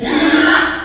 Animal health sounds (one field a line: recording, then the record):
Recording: squeal of a Yucatan mini pig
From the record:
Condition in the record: after surgery on the right vocal fold (resection and tissue-engineered implant)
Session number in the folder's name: 3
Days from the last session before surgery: 33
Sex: male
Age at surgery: 12 weeks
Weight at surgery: 13 kg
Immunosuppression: cyclosporine, prednisolone